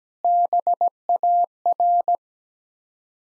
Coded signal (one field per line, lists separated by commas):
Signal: Morse code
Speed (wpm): 17 wpm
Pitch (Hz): 700 Hz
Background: none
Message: BAR